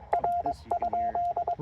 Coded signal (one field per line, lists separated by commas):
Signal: Morse code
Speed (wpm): 22 wpm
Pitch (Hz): 700 Hz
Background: speech, radio noise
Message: R?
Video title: TR-45L take two: CW POTA at Chenango Valley State Park